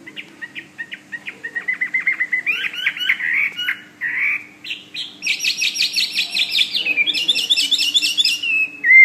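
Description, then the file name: Hwamei song starting with a fast run of clipped notes, moving into buzzy whistles and high rapid trills, ending in a slurred whistle. "omkicau hwamey"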